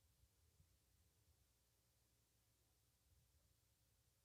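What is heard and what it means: The LATCH connectors of a Graco SnugRide SnugLock 35 infant car seat base are pushed through the base openings toward the vehicle's metal latch brackets. Only quiet handling and low rumbling noise are heard. Nothing has seated or clicked yet.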